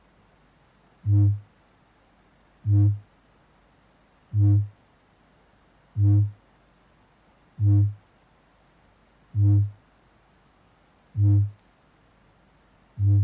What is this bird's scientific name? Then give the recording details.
Strigops habroptilus. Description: Kākāpō male 'booms'. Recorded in New Zealand